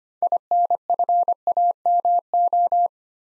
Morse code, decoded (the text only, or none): INFAMO